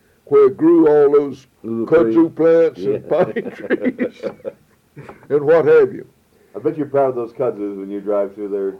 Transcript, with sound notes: where they grew all those ritzy plants and trees, (laughter) and what have you.
I’ll bet you are proud of those Kudzus when you drive through there.